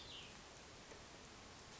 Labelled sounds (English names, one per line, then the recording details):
Cassin's Vireo
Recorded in Sonoma County, California